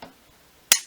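A Polaroid Mini Portrait Model 203 instant pack-film camera has its hinged back closed and latched down after an empty pack-film cartridge is loaded. A faint tap at 0.0 s is followed by a sharp, loud click at 0.7 s as the back door latch snaps shut, seating it.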